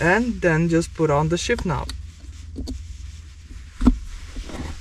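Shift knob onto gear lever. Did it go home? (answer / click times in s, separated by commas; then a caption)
no / none. Someone talks while a shift knob is handled and put onto the gear lever during E46 interior trim replacement, with a few short handling knocks near 2.7 and 3.9 seconds. The knob has not clicked into place or seated on the lever yet.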